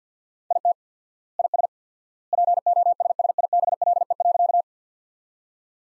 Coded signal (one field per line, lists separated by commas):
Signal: Morse code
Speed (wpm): 50 wpm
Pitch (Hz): 700 Hz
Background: none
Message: IT IS POSSIBLE.